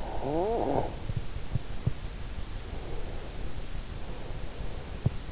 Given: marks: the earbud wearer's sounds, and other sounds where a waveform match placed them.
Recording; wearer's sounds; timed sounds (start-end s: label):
sounds in sleep by an in-ear microphone; snoring breath, breath
0.00-1.20 s: snoring breath
2.80-5.09 s: breath